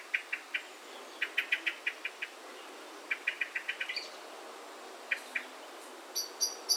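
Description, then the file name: Common blackbird giving rapid clusters of short clipped call notes, several series in a row, with higher thin notes near the end. "Turdus merula"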